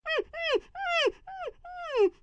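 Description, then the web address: Dog whimpering in five short, high, tonal whines that each slide downward, given in quick succession with brief gaps between them. "Voice Box. Dog Whimper"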